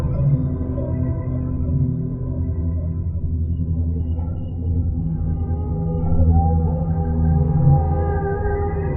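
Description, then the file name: Whale moans, deep sustained tones rich in harmonics, with a few sliding higher notes drifting in during the second half. "sad whales"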